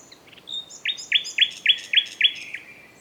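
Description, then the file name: Common nightingale song: a soft lead-in followed by six loud, identical notes repeated evenly and rapidly, then a short trailing note. "Luscinia megarhynchos"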